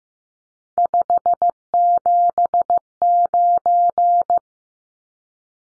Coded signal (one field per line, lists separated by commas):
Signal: Morse code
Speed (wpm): 15 wpm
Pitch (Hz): 700 Hz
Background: none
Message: 579